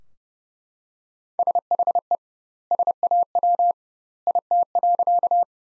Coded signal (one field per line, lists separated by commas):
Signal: Morse code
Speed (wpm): 30 wpm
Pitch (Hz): 700 Hz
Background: none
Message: SHE SAW IT.